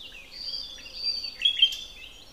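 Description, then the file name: Common nightingale song: a short phrase of drawn-out high whistles leading into a quick burst of sharp, bright notes. "Luscinia megarhynchos"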